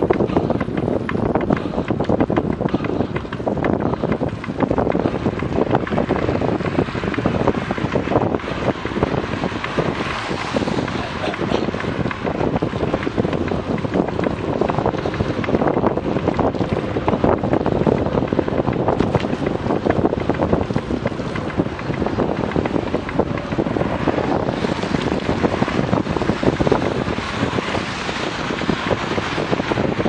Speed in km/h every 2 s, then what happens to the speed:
21, 21, 21, 21, 22, 22, 22, 23, 23, 23, 23, 23, 24, 24, 24.
0-30 steady at about 23.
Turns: none.